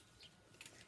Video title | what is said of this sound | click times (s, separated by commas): Prima Confections Tropicals Watercolor Set Review | it locks it into place and it won't fall out so easily | 0.6 s